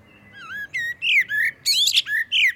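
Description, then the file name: Common blackbird song of rich, warbled whistles rising and falling, broken by a burst of high squeaky twittering, with short pauses between notes. "Turdus merula"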